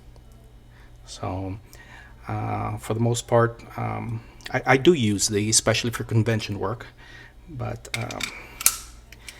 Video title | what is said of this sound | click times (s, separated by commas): Ulanzi G9-5 Cage for the GoPro Hero 9 | that's how it goes. It just snaps into place with a | 8.7 s